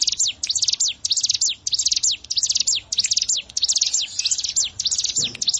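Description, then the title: Bar-winged prinia singing, with fast clusters of thin, high, downward-slurred chips repeated in a steady series. "Ciblek Sawah"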